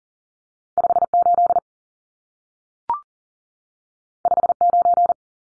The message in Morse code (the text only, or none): 58 59